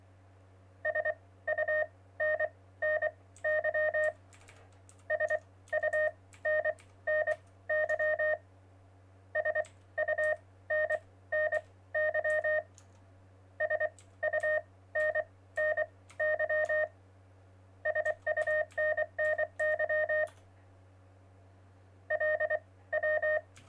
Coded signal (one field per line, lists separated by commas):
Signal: Morse code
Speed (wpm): 24 wpm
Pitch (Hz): 620 Hz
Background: none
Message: SUNNY SUNNY SUNNY SUNNY SUNNY LW